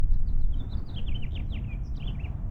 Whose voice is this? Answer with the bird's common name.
House Finch